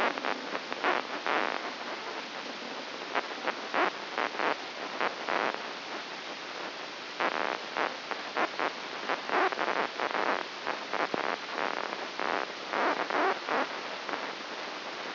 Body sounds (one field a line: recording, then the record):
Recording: brain microelectrode recording played as sound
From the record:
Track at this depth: inside the subthalamic nucleus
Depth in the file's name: 4.001 mm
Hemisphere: right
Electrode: 2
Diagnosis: Parkinson's disease